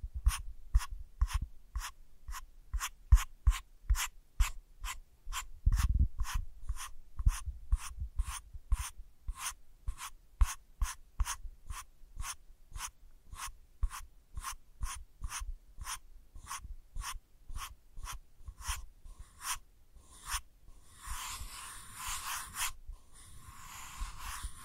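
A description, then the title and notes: ASMR tracing: a steady run of short, crisp ticks repeats about twice a second for most of the clip, with soft low thumps underneath and a heavier bump near six seconds. After twenty seconds the ticking gives way to a brighter, denser scratching rub. ASMR Sensitive Tracing (No Talking).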